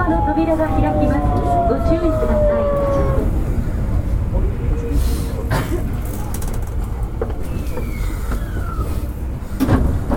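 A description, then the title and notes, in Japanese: A train rolls along with a steady, dense low rumble that fills the whole ten seconds. For the first three seconds a whining tone slides slowly downward as the motor slows, and sharp clacks from the wheels break through around the middle and at the end. 北大阪急行 8000系 動物園前から新大阪まで。北大阪急行電鉄の8000系電車の走行音です。大阪市営地下鉄御堂筋線内で収録しました。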